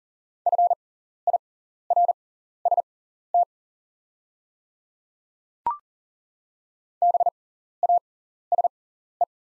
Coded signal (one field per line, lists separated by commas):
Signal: Morse code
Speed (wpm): 40 wpm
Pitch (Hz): 700 Hz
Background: none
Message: FIRST BASE